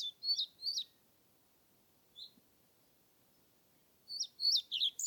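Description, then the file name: European Pied Flycatcher song fragments: a few high, falling chirps at the start, one lone note midway, then a fresh burst of sharp notes at the end. Submitted recording made 25 May 2021 at Nordvik, with a Zoom recorder. "20210525 svarthvit nordvik zoom"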